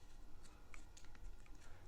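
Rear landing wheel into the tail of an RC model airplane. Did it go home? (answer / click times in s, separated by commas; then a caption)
no / none. A small rear wheel is pushed into the tail of a foam RC Spitfire model airplane, producing only a few faint, light plastic ticks and taps between about 0.7 and 1.5 seconds over a quiet background. The wheel does not click in; it only sits loosely in place, and nothing has seated or clicked.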